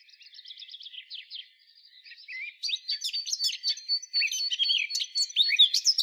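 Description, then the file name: Eurasian blackcap warbling: a rapid, jumbled run of high chattering notes that grows louder and busier halfway through, with no other sounds. "Sylvia atricapilla"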